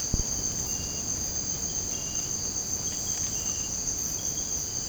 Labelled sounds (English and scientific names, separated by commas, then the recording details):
none
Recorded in secondary vegetation near Puerto Asís, Putumayo, Colombia, on 19 March 2025 at 00:30
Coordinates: 0.481, -76.318
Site G097